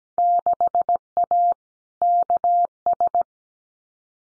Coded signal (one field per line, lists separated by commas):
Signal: Morse code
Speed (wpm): 17 wpm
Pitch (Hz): 700 Hz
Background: none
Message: 6A KS